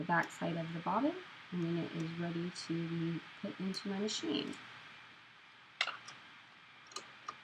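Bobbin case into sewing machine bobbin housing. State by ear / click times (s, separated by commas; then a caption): seated / 5.8 s. A bobbin case holding monofilament thread is pushed into a sewing machine's bobbin housing while someone talks. After the talking stops, a sharp click at 5.8 s marks the case seating in place, followed by a few faint ticks.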